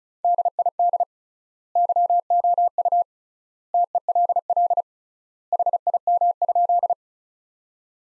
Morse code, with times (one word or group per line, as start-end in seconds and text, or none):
0.2-1.0 DID
1.8-3.0 YOU
3.7-4.8 TELL
5.5-6.9 HIM?